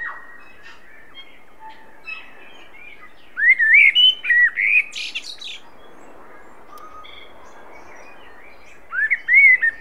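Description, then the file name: Common blackbird delivering a melodious whistled phrase with a sharp high twitter at its end. After a pause, another fluting phrase begins. "Turdus merula"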